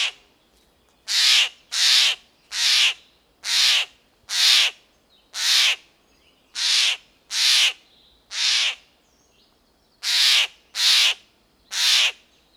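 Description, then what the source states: Bird giving loud, harsh, raspy calls in a rhythmic series, about one per second, with a short pause before the last few. Central America.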